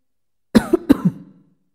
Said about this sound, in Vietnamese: Lâm Thương Lan ho khan một tiếng nhưng không gọi nàng đứng dậy.